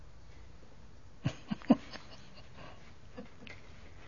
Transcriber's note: he laughs